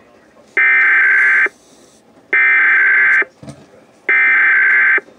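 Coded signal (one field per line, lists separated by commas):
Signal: Emergency Alert System (SAME) tones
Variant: header bursts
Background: speech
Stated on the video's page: Pennsylvania Required Monthly Tests relayed by FM radio stations, an EASyCAST stream, TV subchannels and an AM 1020 station.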